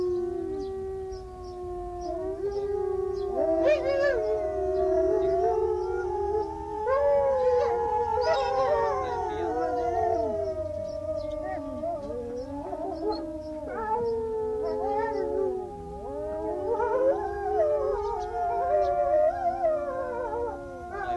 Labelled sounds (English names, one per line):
Gray Wolf howling